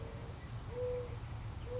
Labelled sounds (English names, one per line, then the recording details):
Mourning Dove
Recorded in Sonoma County, California